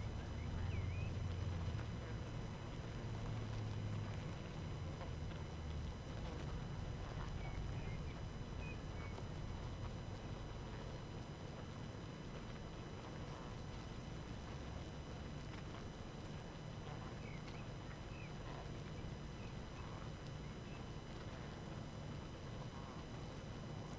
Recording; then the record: honeybee colony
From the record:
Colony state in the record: active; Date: 12 June 2018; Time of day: 19:04